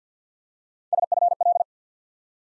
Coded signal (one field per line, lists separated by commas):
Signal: Morse code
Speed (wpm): 51 wpm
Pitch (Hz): 700 Hz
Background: none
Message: SFL